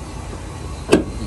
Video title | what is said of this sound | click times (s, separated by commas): FORTUNER Q 2024 DRL Module | Yun. Yan, nakalock na rin yan. | 0.9 s